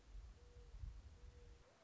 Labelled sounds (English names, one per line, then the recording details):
Mourning Dove
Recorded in Sonoma County, California